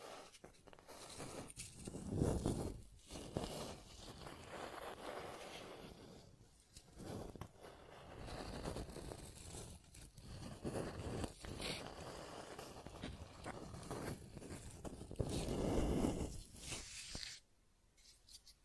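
Scratching and tracing sounds come in rough, uneven strokes with brief pauses, swelling to louder, heavier scrapes around two seconds and sixteen seconds.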